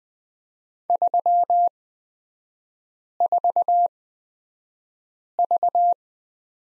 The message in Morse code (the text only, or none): 34V